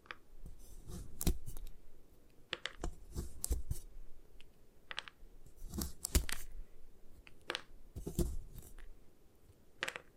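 Gym chalk is crushed and broken apart in a run of sharp, dry crunches and snaps that come irregularly, about one or two each second, some in quick clusters around six and eight seconds. A soft, low rumble and faint rustling continue underneath.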